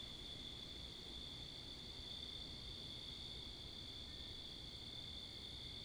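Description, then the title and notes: Steady cricket chorus, shrill continuous trills holding level the whole time, with low traffic and wind noise below. Crickets with cars and wind, Wakefield, Rhode Island, 10 October 2021, 11:35pm at night; recorded facing northeast with two Rode NTG-3 shotgun mics on a Sound Devices MixPre 10ii. "Oct 10th 2021 11:35pm Wakefield, Rhode Island. Crickets, Cars, and Wind"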